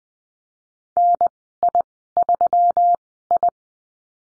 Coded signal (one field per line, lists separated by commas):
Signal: Morse code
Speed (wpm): 19 wpm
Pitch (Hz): 700 Hz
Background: none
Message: NI3I